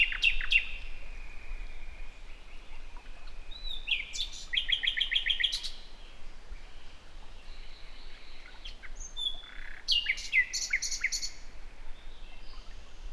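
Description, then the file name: Common nightingale singing varied phrases: a whistled note, a rapid repeated churring series, quieter scratchy notes, then rising whistles and a brisk rattle. "Luscinia megarhynchos"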